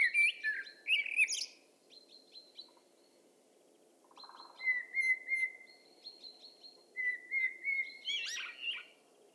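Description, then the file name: Common blackbird song: warbled phrases with scratchy high flourishes and rows of short repeated whistled notes, separated by short pauses. "Turdus merula"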